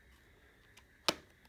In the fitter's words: it just snaps into place at the back whether it holds or not I don't know yet